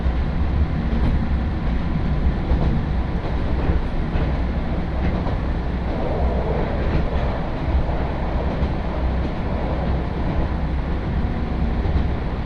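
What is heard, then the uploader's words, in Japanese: A ride aboard the Nagaragawa Railway's Nagara No. 2 train, between Minoshi and Mino-Ota, runs as a steady, dense rumble heavy in the low end. Faint clicks and rattles of the wheels on the track sound throughout, with a slightly brighter swell of noise around the middle. 耳で楽しむ鉄道旅 長良川鉄道 ながら２号 美濃市→美濃太田。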